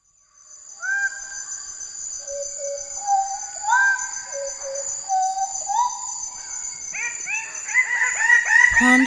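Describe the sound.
Greater bird-of-paradise calls, a series of loud ringing notes, some flat and some rising, in a quickening run toward the end, over a steady high insect whine.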